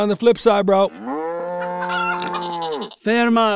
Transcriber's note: sound: farm animal sounds; crying out